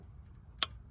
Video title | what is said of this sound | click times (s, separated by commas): Mercedes Benz E350 spark plug replacement | I heard it click which means it's at the top that it's supposed to be at the Mercedes specifies | 0.6 s